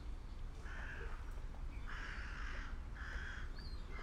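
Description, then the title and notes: Gulls giving a few drawn-out, harsh calls in short bursts about once a second, over a constant low rumble. Gulls with lapping water in the fishing harbour of Reine, Sørvågen, Norway, at noon; all calm, fishermen, tourists and traffic; recorded on a MixPre-6 II with DPA 4041 microphone in Cinela PIA2. "PORT DE PECHE AU REPOS _ Gamle Sørvågen 12, 8392 Sørvågen, Norvège - MOUETTES ET CLAPOTIS PORT DE PECHE. MOUETTES ET CLAPOTIS dans le port de Reine. Il est midi et tout est calme, pêcheurs, touristes et circulation"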